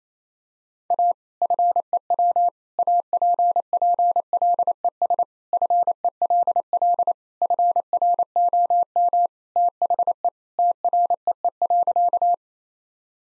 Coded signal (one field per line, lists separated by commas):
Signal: Morse code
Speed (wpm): 27 wpm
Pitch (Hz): 700 Hz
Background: none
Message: A FEW APPLES FELL FROM THE TREE.